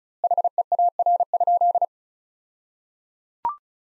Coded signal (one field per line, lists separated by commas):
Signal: Morse code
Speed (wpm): 36 wpm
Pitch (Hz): 700 Hz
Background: none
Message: HEAR?